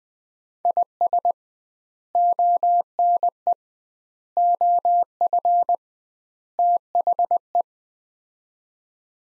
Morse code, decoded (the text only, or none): IS ONE OF THE